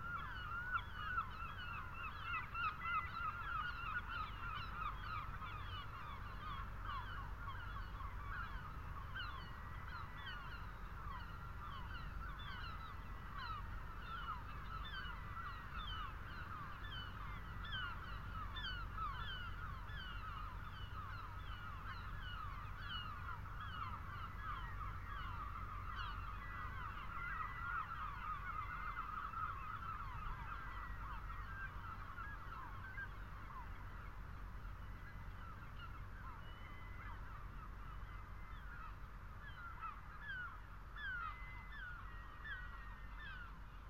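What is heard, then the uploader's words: Seagulls call without a break for the whole stretch, a dense, overlapping chorus of honking squawks and sharp cries. The level stays steady from start to finish, with a constant low rumble running underneath the birds. Lone tree under windswept telegraph wires. The long line of them that stand along the Creel Path, on the east coast of Scotland. The tree, weather stunted and probably overlooked by almost all who stumble by on the rough stone track, holds and shelters the Lento microphones. Seagulls can be heard too.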